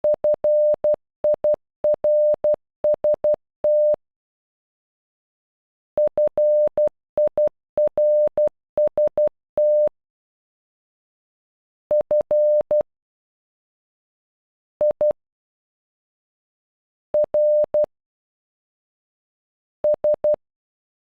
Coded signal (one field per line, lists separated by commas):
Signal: Morse code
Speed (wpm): 12 wpm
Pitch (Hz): 600 Hz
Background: none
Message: FIRST FIRST F I R S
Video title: First in Morse code